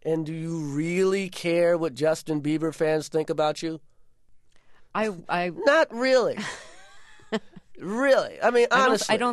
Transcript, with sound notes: And do you really care what Justin Bieber fans think about you?
I, I...
Not really.
(LAUGHTER)
Really. I mean honestly.